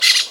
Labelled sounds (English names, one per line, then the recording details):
Brown-throated Parakeet contact call
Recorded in Venezuela
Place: Guárico; Corozopando; Fundo La Fe
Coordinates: 8.506, -67.593